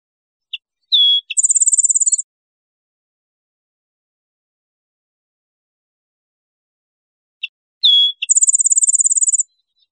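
Rufous-winged sparrow singing twice, about seven seconds apart; each phrase opens with a chip, a brief slurred whistle and a second chip, then a rapid high trill. Quiet between phrases.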